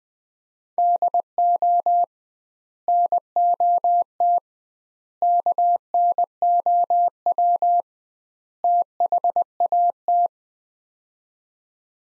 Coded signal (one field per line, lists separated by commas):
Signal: Morse code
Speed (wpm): 20 wpm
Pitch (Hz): 700 Hz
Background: none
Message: DO NOT KNOW THAT